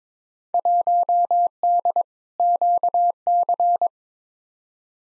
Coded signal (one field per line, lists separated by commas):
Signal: Morse code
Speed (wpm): 22 wpm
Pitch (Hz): 700 Hz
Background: none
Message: 1D QC